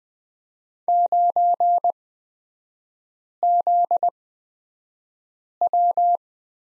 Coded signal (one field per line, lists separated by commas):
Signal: Morse code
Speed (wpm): 20 wpm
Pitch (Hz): 700 Hz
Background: none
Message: 9ZW